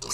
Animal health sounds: pig call; weaner (32 to 43 days)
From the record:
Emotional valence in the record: negative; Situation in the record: short isolation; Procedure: open field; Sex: female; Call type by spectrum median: high-frequency call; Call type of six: mixed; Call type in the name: high-frequency stable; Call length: 0.14 s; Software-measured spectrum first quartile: 2170 Hz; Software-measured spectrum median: 5055 Hz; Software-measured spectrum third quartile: 6834 Hz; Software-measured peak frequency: 6131 Hz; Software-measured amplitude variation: 140 dB a second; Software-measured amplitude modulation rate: 10.4 a second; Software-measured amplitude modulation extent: 13.5 dB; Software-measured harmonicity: 2.7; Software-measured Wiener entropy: -1.98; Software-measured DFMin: 806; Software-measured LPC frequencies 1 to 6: 1147, 2184, 2783, 4122, 4471, 5194 Hz

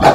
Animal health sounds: pig call; growing-finishing pig (85 days or more)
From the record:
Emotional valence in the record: positive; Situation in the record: run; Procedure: transit

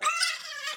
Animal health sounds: pig call; piglet (1 to 25 days)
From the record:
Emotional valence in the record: negative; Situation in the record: restrain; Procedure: in the arms of a person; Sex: male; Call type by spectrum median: high-frequency call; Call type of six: high-frequency stable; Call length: 0.78 s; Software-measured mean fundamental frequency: 309 Hz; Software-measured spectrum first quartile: 1695 Hz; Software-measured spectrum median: 2925 Hz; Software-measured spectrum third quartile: 5325 Hz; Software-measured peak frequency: 1237 Hz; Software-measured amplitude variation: 147 dB a second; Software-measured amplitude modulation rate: 21.2 a second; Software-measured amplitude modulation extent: 6.9 dB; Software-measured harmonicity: 7.8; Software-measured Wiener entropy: -2.24

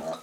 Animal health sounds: pig call; piglet (1 to 25 days)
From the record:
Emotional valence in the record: negative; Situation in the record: missed nursing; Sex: male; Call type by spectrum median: low-frequency call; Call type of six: mixed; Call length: 0.22 s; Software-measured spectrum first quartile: 578 Hz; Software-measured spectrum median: 739 Hz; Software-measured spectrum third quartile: 1756 Hz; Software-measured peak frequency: 645 Hz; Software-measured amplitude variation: 110 dB a second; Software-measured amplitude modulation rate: 15.9 a second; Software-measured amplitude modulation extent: 6.9 dB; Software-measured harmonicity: 3.5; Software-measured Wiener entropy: -1.35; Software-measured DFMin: 900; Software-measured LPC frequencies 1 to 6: 645, 1217, 3870, 4933, 6257, 8049 Hz

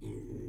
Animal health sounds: pig call; weaner (32 to 43 days)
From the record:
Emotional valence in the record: positive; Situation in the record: positive conditioning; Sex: female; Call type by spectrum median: low-frequency call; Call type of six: low-frequency stable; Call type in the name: low-frequency stable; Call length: 0.48 s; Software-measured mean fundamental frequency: 52 Hz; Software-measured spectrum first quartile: 100 Hz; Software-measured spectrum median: 237 Hz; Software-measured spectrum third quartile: 377 Hz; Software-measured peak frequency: 312 Hz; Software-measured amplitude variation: 109 dB a second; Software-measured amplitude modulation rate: 30.0 a second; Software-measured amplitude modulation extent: 3.6 dB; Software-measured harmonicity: -0.2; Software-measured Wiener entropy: 0.25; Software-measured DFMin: 1070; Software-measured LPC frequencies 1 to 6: 343, 2146, 3479, 6215, 7596, 8177 Hz

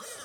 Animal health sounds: pig call; piglet (1 to 25 days)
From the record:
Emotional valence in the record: negative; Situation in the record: long isolation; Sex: female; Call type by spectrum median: high-frequency call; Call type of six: high-frequency stable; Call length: 0.24 s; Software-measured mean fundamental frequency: 246 Hz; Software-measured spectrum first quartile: 1360 Hz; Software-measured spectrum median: 4289 Hz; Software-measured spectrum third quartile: 7913 Hz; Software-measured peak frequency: 510 Hz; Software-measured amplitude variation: 67 dB a second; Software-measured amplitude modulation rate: 14.3 a second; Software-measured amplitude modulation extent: 4.7 dB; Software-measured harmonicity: 0.2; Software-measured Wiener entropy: -1.24

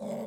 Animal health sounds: pig call; piglet (1 to 25 days)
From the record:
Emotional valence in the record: negative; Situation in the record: short isolation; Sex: male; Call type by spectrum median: low-frequency call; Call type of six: low-frequency modulated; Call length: 0.27 s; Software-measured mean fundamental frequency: 56 Hz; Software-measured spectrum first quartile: 235 Hz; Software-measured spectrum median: 468 Hz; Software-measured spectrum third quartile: 657 Hz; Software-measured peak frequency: 578 Hz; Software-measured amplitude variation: 86 dB a second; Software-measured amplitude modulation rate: 25.7 a second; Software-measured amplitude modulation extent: 3.3 dB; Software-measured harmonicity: 3.8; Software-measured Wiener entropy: -0.34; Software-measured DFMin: 772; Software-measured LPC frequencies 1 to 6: 568, 2142, 3431, 5035, 7665, 10083 Hz

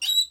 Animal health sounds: pig call; piglet (1 to 25 days)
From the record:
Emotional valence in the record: negative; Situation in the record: restrain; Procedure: sham castration, cut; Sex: male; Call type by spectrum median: high-frequency call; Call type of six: high-frequency stable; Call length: 0.31 s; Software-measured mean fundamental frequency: 143 Hz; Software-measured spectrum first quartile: 3833 Hz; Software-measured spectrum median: 4181 Hz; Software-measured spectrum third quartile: 7816 Hz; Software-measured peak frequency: 3902 Hz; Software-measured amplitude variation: 199 dB a second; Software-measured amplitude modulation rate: 14.5 a second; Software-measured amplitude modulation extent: 13.8 dB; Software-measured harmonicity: 21.0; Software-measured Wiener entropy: -5.68

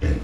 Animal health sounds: pig call; growing-finishing pig (85 days or more)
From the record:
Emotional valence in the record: negative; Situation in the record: barren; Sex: female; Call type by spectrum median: low-frequency call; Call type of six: low-frequency stable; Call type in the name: low-frequency stable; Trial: 4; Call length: 0.24 s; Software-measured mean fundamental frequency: 39 Hz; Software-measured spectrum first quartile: 75 Hz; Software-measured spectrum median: 148 Hz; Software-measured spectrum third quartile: 462 Hz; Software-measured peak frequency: 79 Hz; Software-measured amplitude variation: 147 dB a second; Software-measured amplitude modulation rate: 20.5 a second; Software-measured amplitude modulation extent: 7.2 dB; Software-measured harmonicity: -0.2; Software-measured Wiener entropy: -1.00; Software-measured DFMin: 1350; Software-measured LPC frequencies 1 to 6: 329, 1782, 2571, 4131, 5567, 7226 Hz

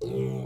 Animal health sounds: pig call; weaner (32 to 43 days)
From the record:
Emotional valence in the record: negative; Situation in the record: long isolation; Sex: female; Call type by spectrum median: low-frequency call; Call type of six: low-frequency stable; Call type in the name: low-frequency stable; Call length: 0.46 s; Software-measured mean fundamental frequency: 63 Hz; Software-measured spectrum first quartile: 145 Hz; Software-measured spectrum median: 290 Hz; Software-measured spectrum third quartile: 436 Hz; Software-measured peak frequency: 408 Hz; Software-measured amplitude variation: 90 dB a second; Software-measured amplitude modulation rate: 37.4 a second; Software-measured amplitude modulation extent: 2.4 dB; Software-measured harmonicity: 0.6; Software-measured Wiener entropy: -0.41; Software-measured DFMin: 1145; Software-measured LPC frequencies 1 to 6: 395, 2250, 3031, 3864, 5082, 5897 Hz

